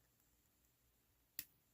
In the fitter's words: Now let's unlock it together, shall we?